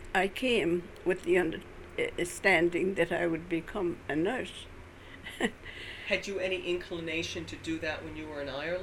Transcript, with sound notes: came with the understanding that I would become a nurse. (she laughs)
Had you any inclination to do that when you were in Ireland?